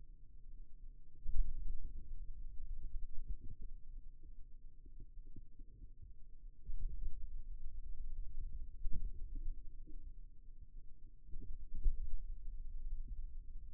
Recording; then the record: forearm muscle sounds (acoustic myography)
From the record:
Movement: pen grasping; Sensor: system 2, bracelet of six BSWA MPA416 microphones around the upper forearm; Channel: 2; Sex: male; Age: 22 years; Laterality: right